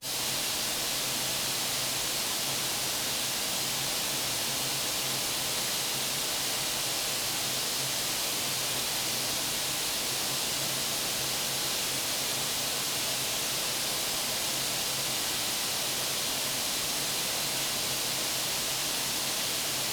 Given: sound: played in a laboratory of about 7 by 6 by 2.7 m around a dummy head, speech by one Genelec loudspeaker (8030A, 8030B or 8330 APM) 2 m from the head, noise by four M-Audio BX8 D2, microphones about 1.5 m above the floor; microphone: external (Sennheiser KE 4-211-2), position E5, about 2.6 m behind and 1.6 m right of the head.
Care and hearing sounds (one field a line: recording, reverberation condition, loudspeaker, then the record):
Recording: white noise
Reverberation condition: high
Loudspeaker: four, about 170 cm from the corners of the room and facing them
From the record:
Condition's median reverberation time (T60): about 1300 ms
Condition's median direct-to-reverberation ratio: about -4.0 dB